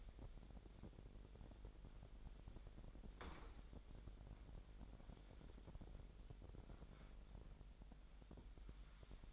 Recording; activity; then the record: daily activity, microphone in the room; wipe stove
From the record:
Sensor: 5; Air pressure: 1001.0 hPa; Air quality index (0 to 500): 246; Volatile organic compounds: 34 ppm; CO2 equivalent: 3032 ppm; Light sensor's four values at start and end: 28/64/26/24 and 29/66/27/25